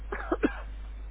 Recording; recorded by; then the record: voluntary cough; telephone call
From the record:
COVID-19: positive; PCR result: checked with the laboratory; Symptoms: no